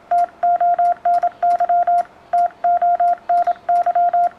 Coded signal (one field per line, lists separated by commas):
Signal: Morse code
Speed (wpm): 24 wpm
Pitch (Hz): 700 Hz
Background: none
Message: TONY TONY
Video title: Correção Rápida e Fácil para Seus CW